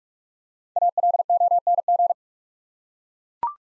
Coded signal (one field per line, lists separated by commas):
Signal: Morse code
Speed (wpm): 44 wpm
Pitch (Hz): 700 Hz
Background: none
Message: ALONG